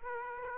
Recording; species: mosquito wingbeat signal from an infrared sensor; Aedes aegypti